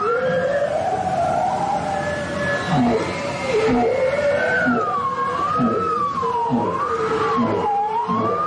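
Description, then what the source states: Bowhead whale song underwater: wavering, undulating tonal moans that rise and fall smoothly, with lower short swooping notes beneath and a steady wash of background noise. Recorded with hydrophones under Arctic ice; a singing bowhead can be heard all day as it swims by; sounds used to communicate and to navigate through ice by echoes.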